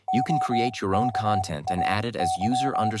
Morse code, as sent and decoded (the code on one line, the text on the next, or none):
--- -.- .- -.--
OKAY